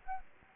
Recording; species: mosquito wingbeat signal from an infrared sensor; Anopheles gambiae